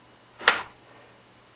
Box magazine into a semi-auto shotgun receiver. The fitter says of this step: you hear that click it's locked shake it make sure it doesn't come out